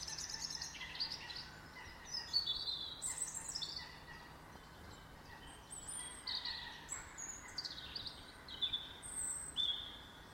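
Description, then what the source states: Birds singing in scattered phrases of high whistled and chirping notes, with short gaps between them over a soft background hiss. Birds heard in a garden.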